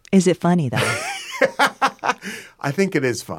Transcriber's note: laughter